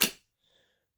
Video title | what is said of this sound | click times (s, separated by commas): Shark Navigator Lift-Away XL Vacuum Unboxing/Assembly Tutorial (CU510) | Just going to line this up right here and push it in until it clicks into place, | 0.0 s